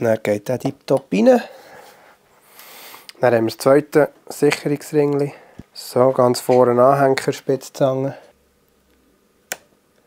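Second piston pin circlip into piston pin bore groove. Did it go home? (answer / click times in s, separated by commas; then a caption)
partly / 9.5 s. A second piston pin circlip on a Sachs 503 engine is pushed with the tip of the pliers into the groove of the piston pin bore while someone talks. A sharp snap is heard at 9.5 s, but the circlip is not fully seated yet and still needs to be helped in.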